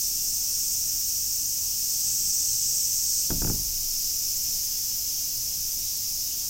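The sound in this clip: Cicada buzzing steadily at a high pitch, broken once midway by a short double knock.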